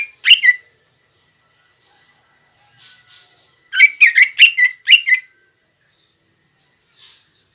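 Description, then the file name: Greater green leafbird gives a short harsh note, then a quick series of sharp, squawky chirps, with faint soft twitters before and after. Female. "suara burung cucak ijo betina"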